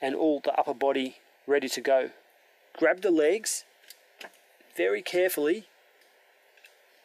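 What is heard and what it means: Someone talks while carefully picking up the legs of a Bandai Soul of Chogokin GX-60 God Sigma combining robot figure, ready to slot them into its thigh section. Faint handling taps come around 3.9 s, 4.2 s and 6.6 s. Nothing has seated or clicked yet.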